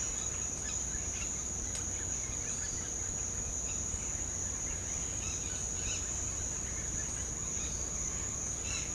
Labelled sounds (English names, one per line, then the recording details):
none
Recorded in secondary vegetation near Puerto Asís, Putumayo, Colombia, on 21 December 2024 at 06:30
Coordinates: 0.499, -76.323
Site G010